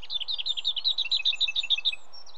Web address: BBC Sound Effects Library. Lesser Whitethroat